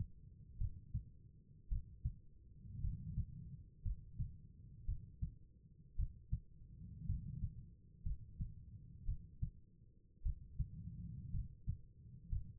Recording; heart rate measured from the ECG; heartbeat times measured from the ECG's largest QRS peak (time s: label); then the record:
heart sounds by stethoscope; 56 bpm
0.58 s: heartbeat
1.69 s: heartbeat
2.81 s: heartbeat
3.83 s: heartbeat
4.85 s: heartbeat
5.96 s: heartbeat
7.06 s: heartbeat
8.03 s: heartbeat
9.05 s: heartbeat
10.23 s: heartbeat
11.31 s: heartbeat
12.29 s: heartbeat
From the record:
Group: healthy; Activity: rest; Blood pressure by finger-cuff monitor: 96/60 mmHg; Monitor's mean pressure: 70 mmHg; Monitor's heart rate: 58 bpm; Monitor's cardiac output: 4.6 L/min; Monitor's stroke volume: 79 mL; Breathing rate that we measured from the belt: 16 breaths a minute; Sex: female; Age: 36 years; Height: 163 cm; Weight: 88 kg